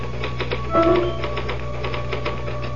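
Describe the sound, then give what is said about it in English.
A typewriter clatters in a quick, uneven run of sharp key strikes, with a brief bright ding-like tone near the start, all over a low steady hum. “Can I use the typewriter for a moment? I just got to put one thought down before I forget it.”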